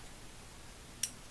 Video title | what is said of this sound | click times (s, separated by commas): Proto 5452A Quick Release Ratchet TEARDOWN Vintage 1/2” Drive | it clicks make sure it's secure and you test it out | 1.0 s